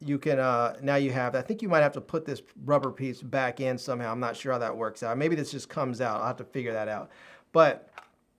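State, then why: Not seated. A plastic action-camera mounting buckle is handled at an adhesive base mount with a small rubber piece, while someone talks throughout. A brief sharp transient is heard near 8.0 seconds, but nothing has seated or clicked into place yet.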